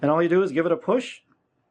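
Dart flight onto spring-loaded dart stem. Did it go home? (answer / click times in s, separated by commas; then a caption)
no / none. A plastic dart flight is lined up and pushed onto a spring-loaded Cuesoul Tero dart stem with two plastic clips while someone talks for about 1.2 seconds, followed by quiet. The clip ends before the flight snaps on, so nothing has seated yet.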